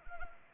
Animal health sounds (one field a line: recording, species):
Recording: mosquito wingbeat signal from an infrared sensor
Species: Anopheles arabiensis